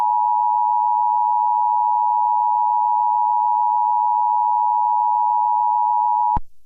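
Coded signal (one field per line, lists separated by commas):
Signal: Emergency Alert System (SAME) tones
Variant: 853 and 960 Hz attention tone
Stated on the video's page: Fictional EAS scenario, a simulated alert.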